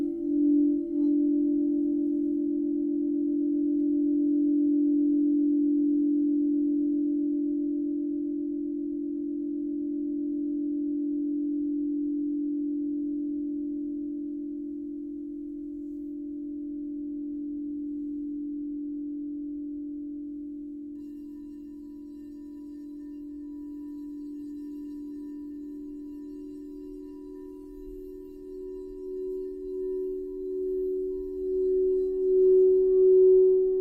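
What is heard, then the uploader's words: A crystal singing bowl sustains a pure, steady low-mid tone, swelling gently, with a second higher tone joining after twenty seconds and faint rumble beneath. I was guided to record 7 crystal singing bowl clips to each represents one of 7 sacred flames AKA 7 sacred rays.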